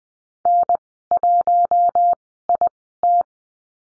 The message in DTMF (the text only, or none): none